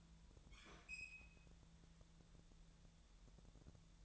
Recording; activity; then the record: daily activity, microphone in the room; open fridge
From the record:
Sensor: 3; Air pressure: 1000.0 hPa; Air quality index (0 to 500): 130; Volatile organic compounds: 2 ppm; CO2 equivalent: 1156 ppm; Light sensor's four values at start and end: 43/108/46/50 and 42/108/46/50